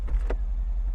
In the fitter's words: I just heard it latch up here everything is going back into place back there